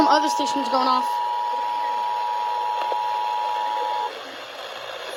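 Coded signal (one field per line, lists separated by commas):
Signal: Emergency Alert System (SAME) tones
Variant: 853 and 960 Hz attention tone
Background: speech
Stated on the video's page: Tornado warnings.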